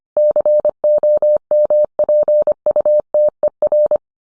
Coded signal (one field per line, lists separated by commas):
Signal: Morse code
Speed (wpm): 25 wpm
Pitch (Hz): 600 Hz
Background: none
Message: COMPUTER